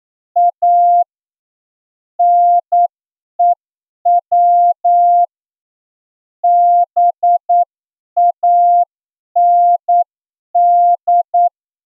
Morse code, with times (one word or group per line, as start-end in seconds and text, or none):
0.4-1.0 A
2.2-5.2 NEW
6.4-11.5 BAND